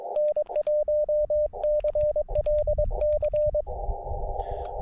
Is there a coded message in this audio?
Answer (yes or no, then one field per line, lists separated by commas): yes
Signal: Morse code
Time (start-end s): 0.2-3.6 s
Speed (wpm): 23 wpm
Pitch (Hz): 600 Hz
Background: radio noise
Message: N1CLC